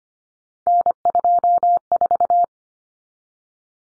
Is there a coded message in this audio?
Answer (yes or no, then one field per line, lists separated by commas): yes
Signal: Morse code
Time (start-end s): 0.7-2.4 s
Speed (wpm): 25 wpm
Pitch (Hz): 700 Hz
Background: none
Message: N24